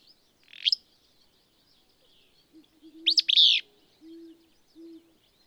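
Willow Flycatcher giving a quick upswept note followed by a burry, two-part sneezy phrase; low droning hums sound faintly around and after it.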